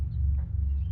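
A red wire with a crimped terminal is lined up by its tab and handled at a waterproof connector housing, but nothing has seated or clicked into the housing yet. Only a steady low hum with faint handling noise is heard, with no sharp snap.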